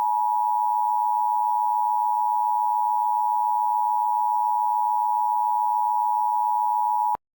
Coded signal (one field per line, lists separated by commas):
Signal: Emergency Alert System (SAME) tones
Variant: 853 and 960 Hz attention tone